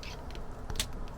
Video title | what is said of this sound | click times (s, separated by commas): EP 16. Radar arch wiring, NMEA 2000 network, multiple entry roof glands and a few small jobs. | There we go. It makes a nice click. | 0.8 s